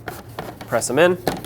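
A plastic rear trim panel on a 2013-2020 Nissan Pathfinder is lined up and its upper clips are pressed into the vehicle body while someone talks. Brief handling knocks sound at about 0.1, 0.4, 0.6 and 1.4 s. Nothing has seated or clicked into place yet.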